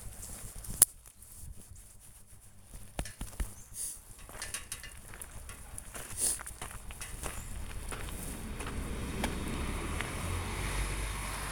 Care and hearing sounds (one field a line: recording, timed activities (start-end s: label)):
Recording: household activities, microphone on the right wrist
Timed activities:
0.00-11.52 s: going for a walk with dog